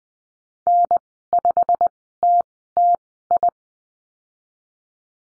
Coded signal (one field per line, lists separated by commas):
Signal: Morse code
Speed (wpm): 20 wpm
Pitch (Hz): 700 Hz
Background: none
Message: N5TTI